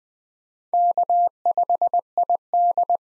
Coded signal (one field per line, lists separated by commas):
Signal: Morse code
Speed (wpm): 20 wpm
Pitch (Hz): 700 Hz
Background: none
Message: K5ID